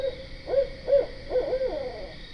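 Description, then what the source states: Barred owl giving a run of low, accented hoots that slide and blur together into a drawn-out, descending finish, with faint steady hum behind. Recorded 12 September 2010.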